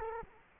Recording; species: mosquito wingbeat signal from an infrared sensor; Culex quinquefasciatus